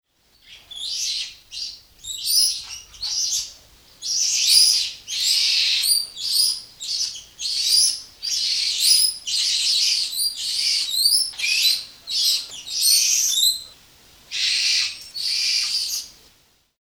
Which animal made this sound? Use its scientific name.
Cebus olivaceus